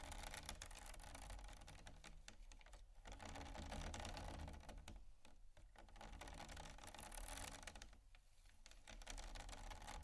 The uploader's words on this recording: ASMR Scratching Bumpy Items No Talking Rode Mics.